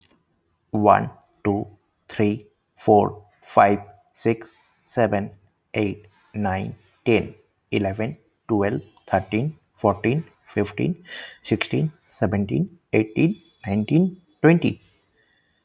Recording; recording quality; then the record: counting at a normal pace; excellent, no background noise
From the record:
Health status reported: healthy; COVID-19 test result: negative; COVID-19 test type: RT-PCR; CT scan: not taken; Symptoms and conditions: none ticked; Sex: male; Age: 30 years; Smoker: no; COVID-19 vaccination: one dose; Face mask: not worn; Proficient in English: yes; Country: India